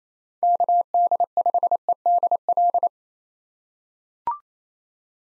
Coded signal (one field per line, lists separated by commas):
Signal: Morse code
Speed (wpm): 28 wpm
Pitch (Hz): 700 Hz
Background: none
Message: KD5EDL